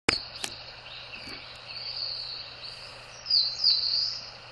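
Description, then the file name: Eastern crowned warbler song: a short high phrase near the end, after a few sharp clicks, with steady insect buzzing behind. Recorded on 2 May 2014. "センダイムシクイ 140502 遠藤"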